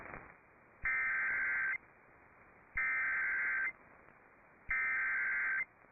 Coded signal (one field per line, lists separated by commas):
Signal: Emergency Alert System (SAME) tones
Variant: header bursts